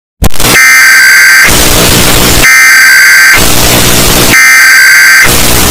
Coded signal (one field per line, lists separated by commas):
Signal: Emergency Alert System (SAME) tones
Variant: header bursts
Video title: eas alarm earape (volume warning)